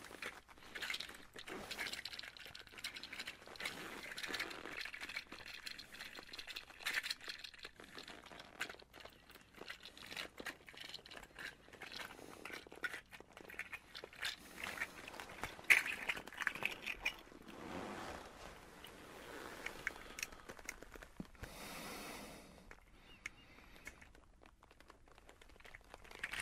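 A leather coat rustles and creaks in dense, uneven bursts of soft crinkling, with brighter scrapes around the middle and a sharp tick near sixteen seconds.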